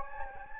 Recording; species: mosquito wingbeat signal from an infrared sensor; Anopheles gambiae